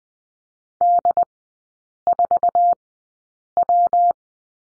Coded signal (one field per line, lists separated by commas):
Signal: Morse code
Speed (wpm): 20 wpm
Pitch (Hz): 700 Hz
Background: none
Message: D4W